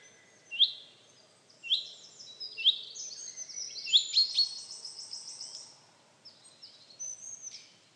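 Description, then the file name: Common chaffinch: three sharp call notes about a second apart, followed by a tangle of high chirping. "Fringilla coelebs"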